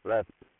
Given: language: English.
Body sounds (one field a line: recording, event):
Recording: throat vibration sensor signal played as sound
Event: speech